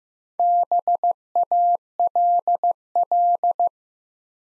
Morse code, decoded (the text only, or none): BALL